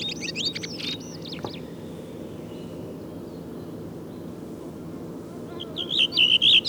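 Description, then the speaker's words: Redwing twittering in short high bursts at the start and end, separated by several seconds of faint hum. Singing style varies between localities as dialects; the same individual always sings the same way; style is learned; birds of one area sing alike; this singer differs from the earlier ones. "Kuuntelemme vielä paria muuta kahdesta aikaisemmasta poikkeavaa laulajaa."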